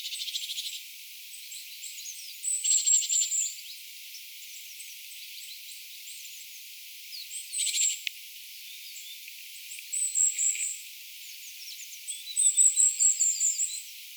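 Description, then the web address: Goldcrest calls: very high, thin, squeaky notes in short rapid runs, coming in bursts every few seconds, with some brief buzzy clicking between. Vocalisations of goldcrests, more than one bird, recorded 8 September 2025. "paivat 8 9 2025 hippiaisten aantelya"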